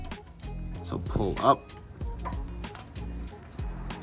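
A metal brake pad retaining spring on the front brake caliper of a 2023 GR Corolla is slid in between the caliper tabs and pulled up by hand while someone talks over background music. Light metallic handling taps and scrapes are heard, but nothing has seated or snapped into place yet.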